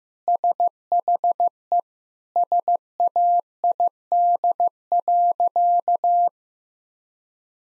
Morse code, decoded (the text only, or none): SHE SAID.